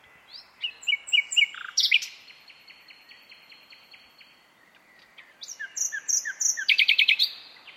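Bird calls, bursts of high thin chirps and short repeated notes, a long steady whistled tone in between, then another quick series of sharp high chirps.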